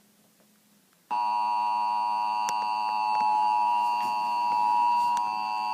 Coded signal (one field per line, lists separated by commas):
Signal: Emergency Alert System (SAME) tones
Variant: 853 and 960 Hz attention tone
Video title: Eas 2 tornado warning on Friday